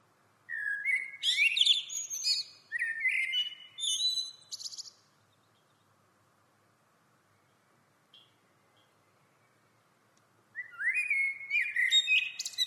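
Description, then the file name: Common blackbird singing fluted phrases that end in high scratchy twitters, a few phrases close together, then a long silent pause before another phrase begins. "Turdus merula"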